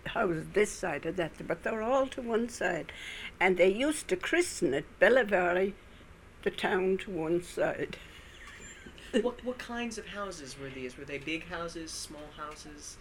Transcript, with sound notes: house this side or that but all to one side and they used to christen it "Ballyvary", The Town to One Side. (She laughs)
What kinds of houses were these? Were they big houses, small houses?